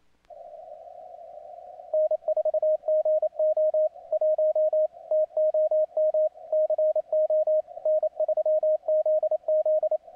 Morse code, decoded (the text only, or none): N4GO 1 TOM CO N3ZZ